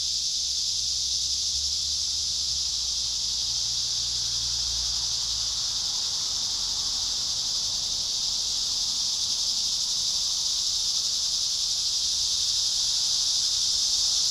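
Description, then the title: A massed cicada chorus of high, even, hissing buzz, with a faint low hum in the first seconds. Cicadas at Trinity. "neoscenes: cicadas at Trinity"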